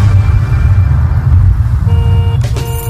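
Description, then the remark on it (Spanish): A car engine rumbles steadily and low throughout, then a loud horn blares for the last second, its honk briefly broken by a short burst of noise. “Millones de automóviles quemando petróleo, botando humo en nuestra casa común, que es la Tierra.”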